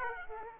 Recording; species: mosquito wingbeat signal from an infrared sensor; Aedes aegypti